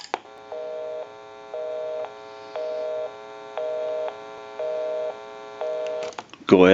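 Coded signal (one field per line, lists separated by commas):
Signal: telephone call progress tone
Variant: North America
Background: speech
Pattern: busy tone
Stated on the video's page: Heard on a Western Electric 202 telephone with 684-A bell box during its initial checkout and repair conversion.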